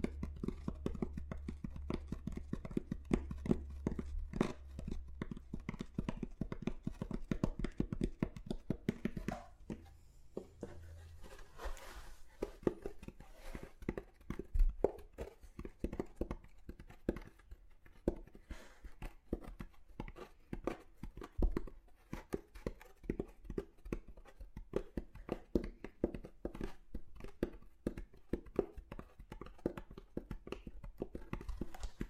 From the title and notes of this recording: Ear To Ear Relaxing Tapping on Different Objects（No Talking）.